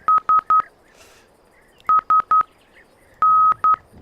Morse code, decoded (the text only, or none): SSN